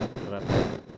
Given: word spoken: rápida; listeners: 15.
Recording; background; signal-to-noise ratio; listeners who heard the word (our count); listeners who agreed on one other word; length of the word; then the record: one Spanish word in noise, from a listening test; noise modulated by one talker; -11.6 dB; 0 of 15; 7 of 15; 0.58 s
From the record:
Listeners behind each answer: 7, 2, 1, 1, 1, 1, 1, 1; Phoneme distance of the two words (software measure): 10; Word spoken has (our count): 3 syllables, 6 phonemes, stress on syllable 1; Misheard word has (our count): 3 syllables, 6 phonemes, stress on syllable 1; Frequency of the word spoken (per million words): 36.01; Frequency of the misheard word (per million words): 53.16